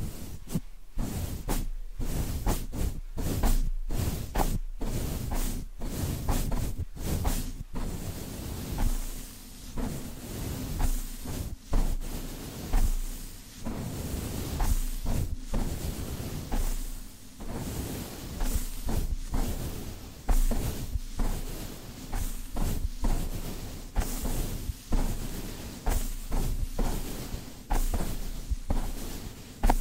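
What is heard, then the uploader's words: Rhythmic brushing against a microphone, with quick bright scratchy strokes repeating steadily over a constant low rumble for the whole stretch. ASMR Rhythmic Mic Brushing (No Talking).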